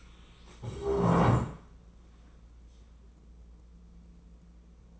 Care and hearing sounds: daily activity, microphone in the room; stand up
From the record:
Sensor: 1

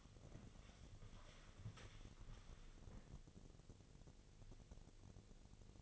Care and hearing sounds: daily activity, microphone in the room; walk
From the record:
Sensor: 4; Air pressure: 1001.3 hPa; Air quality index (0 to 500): 180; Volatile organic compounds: 2 ppm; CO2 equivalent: 1288 ppm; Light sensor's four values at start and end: 15/34/14/14 and 15/34/14/14

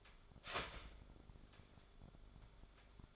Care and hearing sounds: daily activity, microphone in the room; start toaster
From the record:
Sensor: 5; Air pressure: 1014.8 hPa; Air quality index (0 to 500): 204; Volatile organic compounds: 9 ppm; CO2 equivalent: 2175 ppm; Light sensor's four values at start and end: 14/34/13/12 and 14/33/13/12

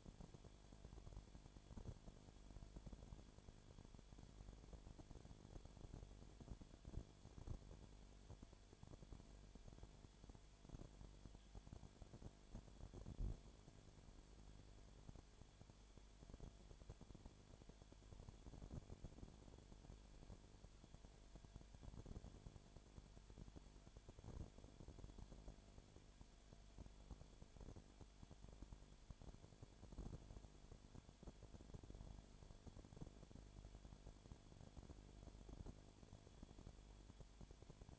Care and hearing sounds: daily activity, microphone in the room; no activity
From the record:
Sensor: 5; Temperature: 20.0 degrees Celsius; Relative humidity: 37.1%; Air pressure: 1007.4 hPa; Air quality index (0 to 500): 84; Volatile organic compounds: 1 ppm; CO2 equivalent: 955 ppm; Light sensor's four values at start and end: 2/3/1/1 and 2/3/1/1

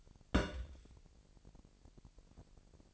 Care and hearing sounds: daily activity, microphone in the room; place on stove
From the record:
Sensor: 5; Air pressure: 1002.1 hPa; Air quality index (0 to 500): 249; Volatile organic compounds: 9 ppm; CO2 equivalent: 2136 ppm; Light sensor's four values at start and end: 24/51/23/25 and 23/49/22/24

